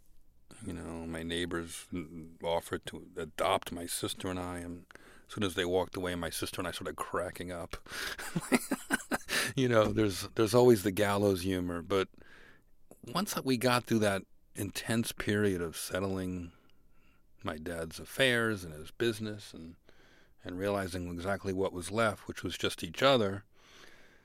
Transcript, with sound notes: You know, my neighbors offered to adopt my sister and I. And as soon as they walked away, my sister and I started cracking up (laughter). You know, there's always the gallows humor.
But once we got through that intense period of settling my dad's affairs and his business and realizing exactly what was left which was just each other.